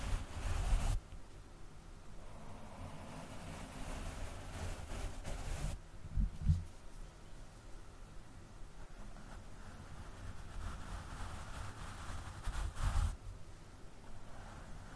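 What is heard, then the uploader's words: Mic brushing and scratching with a constant low, rumbling rustle underneath. Brief, harsher scraping bursts flare at the start, near six seconds and again around thirteen seconds, with a few soft knocks in between, while the rest stays a quieter, uneven scuffing. ASMR Mic Brushing, Scratching, & Fast Tapping (No Talking).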